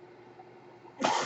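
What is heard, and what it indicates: A faint steady low hum gives way after about a second to a sudden loud airy whoosh: the sound of a home mechanical ventilator cycling as it delivers a breath.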